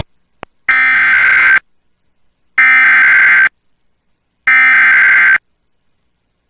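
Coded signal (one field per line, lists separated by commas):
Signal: Emergency Alert System (SAME) tones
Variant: header bursts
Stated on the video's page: Real severe thunderstorm EAS alerts received from an FM broadcast station in Laredo, Texas.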